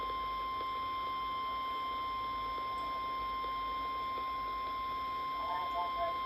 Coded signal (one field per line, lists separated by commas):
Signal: Emergency Alert System (SAME) tones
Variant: 1050 Hz attention tone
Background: speech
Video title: (EAS #20!) Flash Flood Watch for all of CHS area. NOAA Weather Radio Station K.E.C85 in Savannah, GA